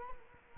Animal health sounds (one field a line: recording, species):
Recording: mosquito wingbeat signal from an infrared sensor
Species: Culex quinquefasciatus